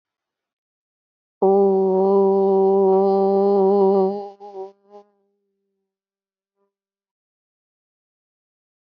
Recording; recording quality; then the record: sustained vowel as in boot; moderate, slight background noise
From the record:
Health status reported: healthy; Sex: female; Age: 36 years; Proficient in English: yes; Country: India